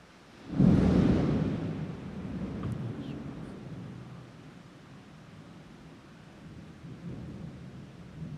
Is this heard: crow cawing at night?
no